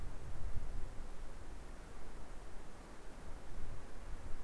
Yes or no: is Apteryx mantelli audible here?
no